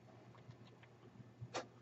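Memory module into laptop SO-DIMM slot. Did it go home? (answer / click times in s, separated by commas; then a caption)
no / none. A laptop memory module is slid at an angle into the SO-DIMM slot of an E5530 laptop and lined up with the notch, not yet pushed down into the retaining clips. Faint scrapes and light taps sit over a low steady hum, with a brief, brighter rustling scrape near 1.55 s. Nothing has seated or clicked yet.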